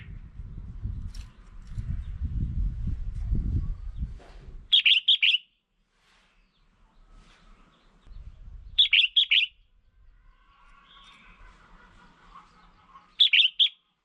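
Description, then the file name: Red-whiskered bulbul repeating a quick burst of warbled chirps about every four seconds, after a stretch of low rumbling noise at the start. Female bird. "Tieng chao mao mai"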